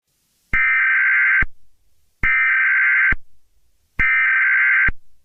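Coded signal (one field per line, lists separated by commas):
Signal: Emergency Alert System (SAME) tones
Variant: header bursts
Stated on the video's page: Simulated EAS scenario about extreme heat, containing valid EAS tones.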